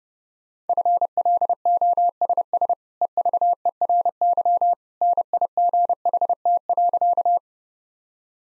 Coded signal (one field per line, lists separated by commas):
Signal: Morse code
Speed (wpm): 30 wpm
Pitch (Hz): 700 Hz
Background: none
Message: FLOSS EVERY NIGHT.